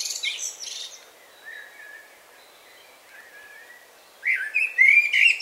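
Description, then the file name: Common blackbird song with an opening high twitter, two soft fluted notes in the pause, and a loud, melodious warbled phrase at the end. "Turdus merula"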